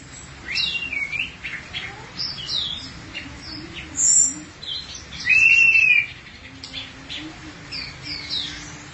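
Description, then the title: Thrush song: soft scattered chirps build to a loud slurred whistle in the middle, followed by quieter chatter. "burung anis x"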